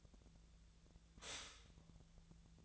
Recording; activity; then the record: daily activity, microphone in the room; stop toaster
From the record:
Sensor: 3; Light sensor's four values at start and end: 32/79/33/36 and 32/79/34/36